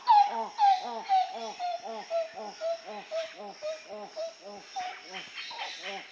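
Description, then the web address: Dusky titi monkey calling: a steady series of short, arched, hooting notes repeated about twice a second, with a faint higher whistle over the first notes. South America, rainforest. "Natures Songs S America Primates of the Rainforest Dusky titi monkey"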